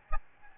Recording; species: mosquito wingbeat signal from an infrared sensor; Aedes albopictus